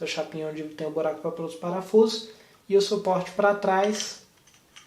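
A plastic twist-lock piece is handled at the metal bracket of a 3D printer spool holder on an Ender 3/Ender 3 Pro, with the piece meant to be given a half turn until it locks. Someone talks through most of the clip, and two faint short handling sounds come near 4.5 and 4.8 seconds. Nothing has seated or clicked yet.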